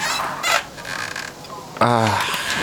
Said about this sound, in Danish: En ægte, hvad hedder sådan noget, gyngestol? Nej, det knirker bare lidt.